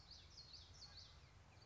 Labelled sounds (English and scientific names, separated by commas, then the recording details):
Common Yellowthroat (Geothlypis trichas)
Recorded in Sonoma County, California